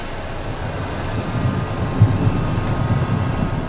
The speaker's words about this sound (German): Zwei Minuten später hebt der Jet ab, im Auftrag der deutschen Luftwaffe.